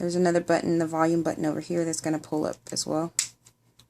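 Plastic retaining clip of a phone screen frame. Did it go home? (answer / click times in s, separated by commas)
released / 3.8 s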